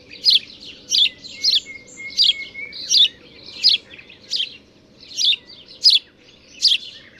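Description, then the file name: House sparrow chirping, harsh chirps repeated roughly every 0.7 seconds, about ten in a row, with faint softer calls between them over a steady low hum. "Passer domesticus"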